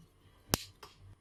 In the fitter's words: it off but once you get you know comfortable it's all gonna push in just give it a push it should click in it like so